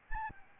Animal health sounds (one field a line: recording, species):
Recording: mosquito wingbeat signal from an infrared sensor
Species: Aedes albopictus